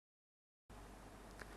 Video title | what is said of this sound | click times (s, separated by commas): Installation Air conditoner Split Guide's - 04 Panasonic | next turn the flare handle clockwise until a click sound is heard | 1.4 s